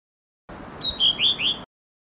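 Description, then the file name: Blue-throated blue flycatcher singing a single phrase of several clear whistled notes that step down in pitch. "kicau sikatan blue throated. omkicau"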